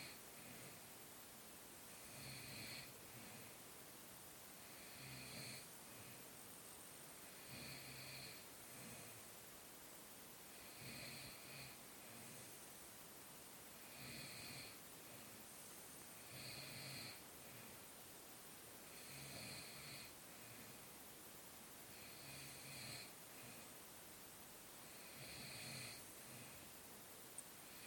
Snoring like a pig.